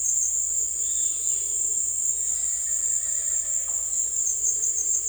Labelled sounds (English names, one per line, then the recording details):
none
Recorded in dense forest near Puerto Asís, Putumayo, Colombia, on 22 December 2024 at 16:00
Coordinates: 0.482, -76.320
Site G021